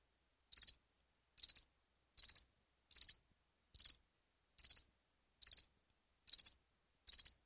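Cricket call, a run of brief shrill pulsed chirps, each a tight burst of about four pulses, recurring at an even pace roughly every 0.8 seconds with nothing else audible.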